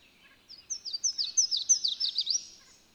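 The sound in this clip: Bird song of a rapid, slightly uneven series of high, sliding notes over faint background noise.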